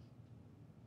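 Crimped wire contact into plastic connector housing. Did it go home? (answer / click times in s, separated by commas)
no / none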